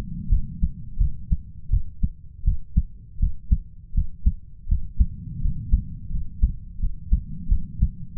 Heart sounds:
heart sounds by stethoscope; 84 bpm
0.29 s: heartbeat
0.98 s: heartbeat
1.70 s: heartbeat
2.44 s: heartbeat
3.19 s: heartbeat
3.94 s: heartbeat
4.68 s: heartbeat
5.41 s: heartbeat
6.10 s: heartbeat
6.79 s: heartbeat
7.48 s: heartbeat
8.17 s: heartbeat
From the record:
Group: healthy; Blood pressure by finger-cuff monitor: 105/63 mmHg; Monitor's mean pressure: 78 mmHg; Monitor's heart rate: 83 bpm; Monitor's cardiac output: 7.7 L/min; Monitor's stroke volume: 93 mL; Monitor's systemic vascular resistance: 730 dyn s/cm5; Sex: male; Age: 33 years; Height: 179 cm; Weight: 80.4 kg

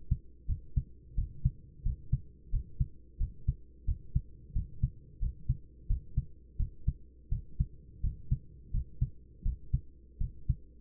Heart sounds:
heart sounds by stethoscope; 86 bpm
0.47 s: heartbeat
1.15 s: heartbeat
1.83 s: heartbeat
2.51 s: heartbeat
3.18 s: heartbeat
3.86 s: heartbeat
4.53 s: heartbeat
5.20 s: heartbeat
5.88 s: heartbeat
6.57 s: heartbeat
7.30 s: heartbeat
8.02 s: heartbeat
8.72 s: heartbeat
9.43 s: heartbeat
10.19 s: heartbeat
From the record:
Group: healthy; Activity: cold pressor test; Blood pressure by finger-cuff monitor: 124/65 mmHg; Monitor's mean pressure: 81 mmHg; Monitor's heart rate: 89 bpm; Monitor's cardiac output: 9.4 L/min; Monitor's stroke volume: 105 mL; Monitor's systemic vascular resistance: 620 dyn s/cm5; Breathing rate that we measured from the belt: 18 breaths a minute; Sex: male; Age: 24 years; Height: 184 cm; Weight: 89 kg

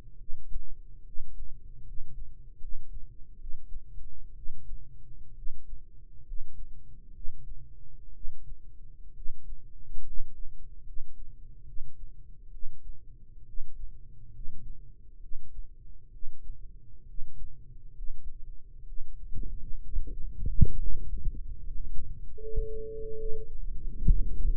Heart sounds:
heart sounds by microphone in the right ear; 68 bpm
0.14 s: heartbeat
1.01 s: heartbeat
1.81 s: heartbeat
2.56 s: heartbeat
3.35 s: heartbeat
4.32 s: heartbeat
5.32 s: heartbeat
6.22 s: heartbeat
7.10 s: heartbeat
8.10 s: heartbeat
9.11 s: heartbeat
10.00 s: heartbeat
10.81 s: heartbeat
11.62 s: heartbeat
12.48 s: heartbeat
13.42 s: heartbeat
14.29 s: heartbeat
15.17 s: heartbeat
16.08 s: heartbeat
17.03 s: heartbeat
17.90 s: heartbeat
18.82 s: heartbeat
19.79 s: heartbeat
20.75 s: heartbeat
21.60 s: heartbeat
22.35 s: heartbeat
23.13 s: heartbeat
24.02 s: heartbeat
From the record:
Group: healthy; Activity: rest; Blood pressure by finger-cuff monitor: 108/67 mmHg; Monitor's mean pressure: 76 mmHg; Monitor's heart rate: 68 bpm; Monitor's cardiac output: 7.2 L/min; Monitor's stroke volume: 106 mL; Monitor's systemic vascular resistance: 750 dyn s/cm5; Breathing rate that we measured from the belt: 15 breaths a minute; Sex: male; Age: 22 years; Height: 185 cm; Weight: 112.4 kg

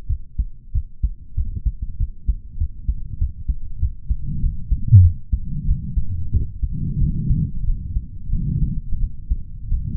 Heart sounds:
heart sounds by stethoscope; 94 bpm
0.07 s: heartbeat
0.72 s: heartbeat
1.34 s: heartbeat
1.97 s: heartbeat
2.57 s: heartbeat
3.18 s: heartbeat
3.79 s: heartbeat
4.40 s: heartbeat
5.01 s: heartbeat
5.65 s: heartbeat
6.30 s: heartbeat
6.98 s: heartbeat
7.64 s: heartbeat
8.29 s: heartbeat
8.98 s: heartbeat
9.68 s: heartbeat
From the record:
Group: healthy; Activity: cold pressor test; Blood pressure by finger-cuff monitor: 88/61 mmHg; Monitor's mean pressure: 69 mmHg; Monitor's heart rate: 94 bpm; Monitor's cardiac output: 7.1 L/min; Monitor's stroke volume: 76 mL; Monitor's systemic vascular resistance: 690 dyn s/cm5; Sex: male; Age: 20 years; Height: 187 cm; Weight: 68.9 kg

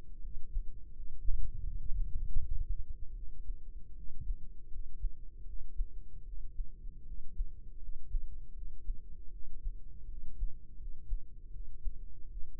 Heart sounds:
heart sounds by microphone in the right ear; 79 bpm
0.20 s: heartbeat
0.91 s: heartbeat
1.61 s: heartbeat
2.35 s: heartbeat
3.13 s: heartbeat
3.93 s: heartbeat
4.67 s: heartbeat
5.43 s: heartbeat
6.23 s: heartbeat
7.03 s: heartbeat
7.77 s: heartbeat
8.53 s: heartbeat
9.30 s: heartbeat
10.06 s: heartbeat
10.76 s: heartbeat
11.50 s: heartbeat
12.28 s: heartbeat
From the record:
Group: healthy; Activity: cold pressor test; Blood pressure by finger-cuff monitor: 102/70 mmHg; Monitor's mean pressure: 82 mmHg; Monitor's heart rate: 80 bpm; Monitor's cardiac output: 5.6 L/min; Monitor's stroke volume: 71 mL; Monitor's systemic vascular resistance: 1070 dyn s/cm5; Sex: male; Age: 20 years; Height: 167 cm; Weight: 61 kg

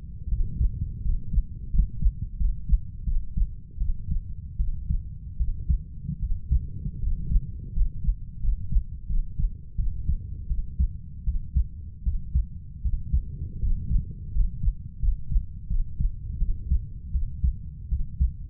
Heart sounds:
heart sounds by stethoscope; 82 bpm
0.28 s: heartbeat
1.02 s: heartbeat
1.71 s: heartbeat
2.37 s: heartbeat
3.04 s: heartbeat
3.78 s: heartbeat
4.57 s: heartbeat
5.37 s: heartbeat
6.19 s: heartbeat
7.00 s: heartbeat
7.73 s: heartbeat
8.40 s: heartbeat
9.07 s: heartbeat
9.76 s: heartbeat
10.47 s: heartbeat
11.24 s: heartbeat
12.03 s: heartbeat
12.82 s: heartbeat
13.59 s: heartbeat
14.32 s: heartbeat
15.00 s: heartbeat
15.68 s: heartbeat
16.38 s: heartbeat
17.11 s: heartbeat
17.89 s: heartbeat
From the record:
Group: healthy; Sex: female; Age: 32 years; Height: 168 cm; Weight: 61.9 kg

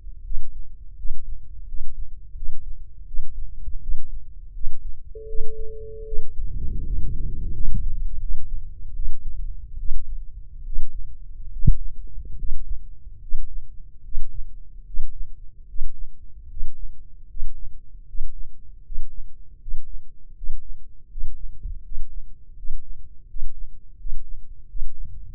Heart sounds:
heart sounds by microphone in the left ear; 79 bpm
0.22 s: heartbeat
0.95 s: heartbeat
1.65 s: heartbeat
2.34 s: heartbeat
3.05 s: heartbeat
3.80 s: heartbeat
4.52 s: heartbeat
5.26 s: heartbeat
6.04 s: heartbeat
6.83 s: heartbeat
7.52 s: heartbeat
8.19 s: heartbeat
8.93 s: heartbeat
9.76 s: heartbeat
10.63 s: heartbeat
11.49 s: heartbeat
12.35 s: heartbeat
13.19 s: heartbeat
14.01 s: heartbeat
14.83 s: heartbeat
15.65 s: heartbeat
16.46 s: heartbeat
17.26 s: heartbeat
18.04 s: heartbeat
18.81 s: heartbeat
19.57 s: heartbeat
20.33 s: heartbeat
21.07 s: heartbeat
21.81 s: heartbeat
22.54 s: heartbeat
23.25 s: heartbeat
23.95 s: heartbeat
24.65 s: heartbeat
From the record:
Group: healthy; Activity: rest 0-5 s, Valsalva maneuver 5-25 s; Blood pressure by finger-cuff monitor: 157/93 mmHg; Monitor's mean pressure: 112 mmHg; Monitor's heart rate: 81 bpm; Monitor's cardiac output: 6.8 L/min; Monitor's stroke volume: 84 mL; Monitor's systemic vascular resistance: 1250 dyn s/cm5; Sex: male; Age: 21 years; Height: 180 cm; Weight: 67.5 kg

